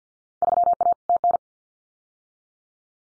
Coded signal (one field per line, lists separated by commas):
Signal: Morse code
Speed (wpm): 50 wpm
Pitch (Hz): 700 Hz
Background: none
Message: 3A TN